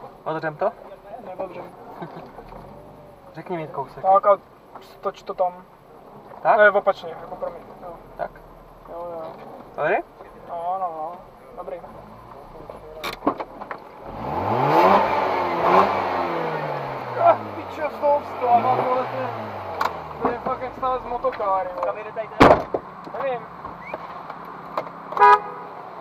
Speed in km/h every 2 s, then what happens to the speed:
0, 0, 0, 0, 0, 0, 0, 0, 0, 0, 0, 0, 0.
0-26 standing.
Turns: none.